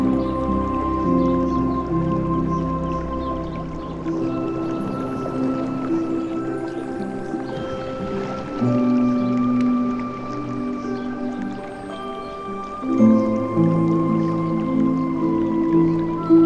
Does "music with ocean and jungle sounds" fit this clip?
yes